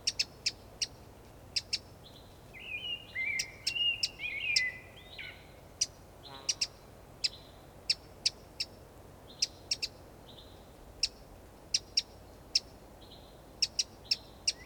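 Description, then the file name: Eurasian wren, crisp tick calls repeated steadily throughout, with a brief twittering warble near the start and faint level whistles behind. "Troglodytes troglodytes"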